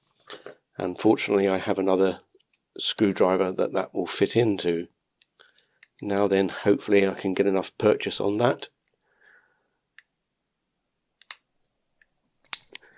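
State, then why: Released. Someone talks while fitting a second screwdriver onto a screwdriver bit to turn a stubborn small screw in the plastic housing of a Thinkway Wall-E toy robot, then small ticks sound during a quiet stretch. At 12.5 s the screw breaks free with a sharp, loud click, likely because it was held with thread-lock.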